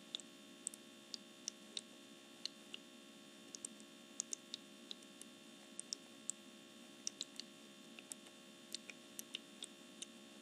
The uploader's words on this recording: ASMR Essential Oil Diffuser Misting.